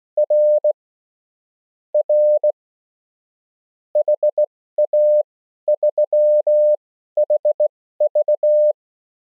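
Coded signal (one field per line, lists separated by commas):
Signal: Morse code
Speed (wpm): 19 wpm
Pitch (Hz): 600 Hz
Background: none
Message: R R HA3HV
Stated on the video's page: Simulated CW QSO made by an iPhone app using a touch keyer.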